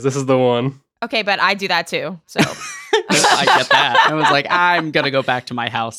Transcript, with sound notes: This is the one.”
Okay, but I do that too, so…
[laughter] I get that. I was like, “I’m gonna go back to my house.